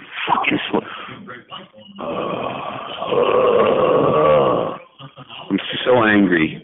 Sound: growling noise